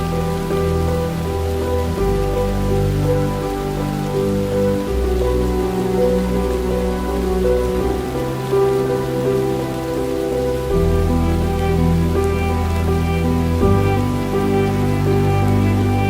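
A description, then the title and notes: Steady rain falls in an even patter across the whole clip, with no pauses. Beneath it sit low, humming sustained tones that shift to new pitches about every three to five seconds, while the overall loudness stays level throughout. Farm academia atmosphere with rain.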